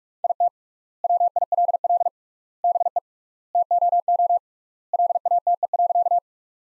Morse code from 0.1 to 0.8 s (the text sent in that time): IT